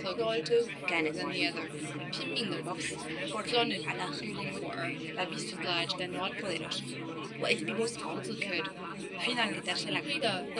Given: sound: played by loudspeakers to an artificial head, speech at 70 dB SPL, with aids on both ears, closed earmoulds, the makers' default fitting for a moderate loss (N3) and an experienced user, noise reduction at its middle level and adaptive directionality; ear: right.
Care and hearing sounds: speech test signal (ISTS) in cocktail-party noise; -6 dB; on the right (90 degrees)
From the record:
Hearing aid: class 2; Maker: C

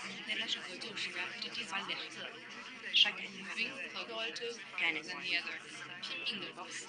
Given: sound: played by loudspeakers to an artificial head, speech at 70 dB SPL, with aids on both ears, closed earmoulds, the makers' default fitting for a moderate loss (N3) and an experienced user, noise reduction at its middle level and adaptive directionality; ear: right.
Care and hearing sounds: speech test signal (ISTS) in cocktail-party noise; -6 dB; in front (0 degrees)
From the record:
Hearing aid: class 2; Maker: F

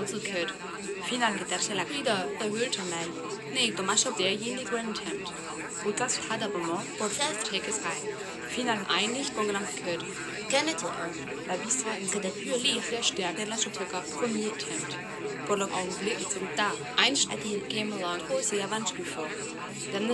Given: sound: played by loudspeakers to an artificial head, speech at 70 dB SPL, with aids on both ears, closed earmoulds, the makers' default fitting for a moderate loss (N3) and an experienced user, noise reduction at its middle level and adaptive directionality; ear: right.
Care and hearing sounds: speech test signal (ISTS) in cocktail-party noise; -6 dB; in front (0 degrees)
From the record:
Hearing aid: class 2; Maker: E

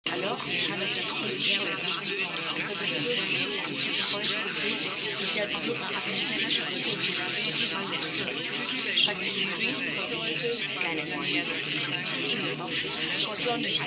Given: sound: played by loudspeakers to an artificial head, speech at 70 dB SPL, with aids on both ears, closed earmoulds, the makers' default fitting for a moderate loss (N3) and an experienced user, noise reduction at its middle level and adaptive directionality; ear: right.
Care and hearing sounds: speech test signal (ISTS) in cocktail-party noise; -6 dB; in front (0 degrees)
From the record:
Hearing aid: class 1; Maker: A

